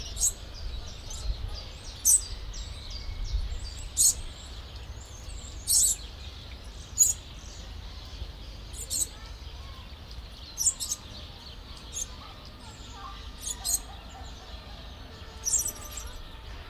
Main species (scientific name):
Charmosyna papou